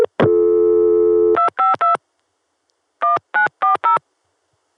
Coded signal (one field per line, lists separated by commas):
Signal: DTMF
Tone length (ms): 130 ms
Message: 252 1940